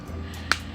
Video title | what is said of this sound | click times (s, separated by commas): What I’ve used/recommend - I finally learned some editing skills/techniques lol | you hear the click. | 0.5 s